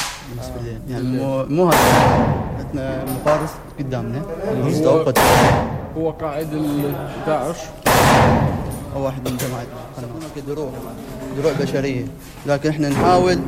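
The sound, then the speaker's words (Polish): Three loud, sharp explosive bangs at a front-line post punctuate continuous talking, with a few smaller cracks like gunfire scattered between them; voices keep speaking over the blasts. “Kiedy pytam o to, czy uciekają cywile, rozmowa staje się prawie niemożliwa od natężenia wybuchów w tej okolicy.”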